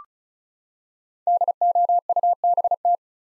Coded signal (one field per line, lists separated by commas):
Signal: Morse code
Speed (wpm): 36 wpm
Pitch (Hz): 700 Hz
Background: none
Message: DOUBT